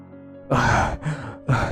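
Three heavy, breathy gusts of air in quick succession, loud and rough, like someone panting hard to catch their breath after strenuous effort. No talking.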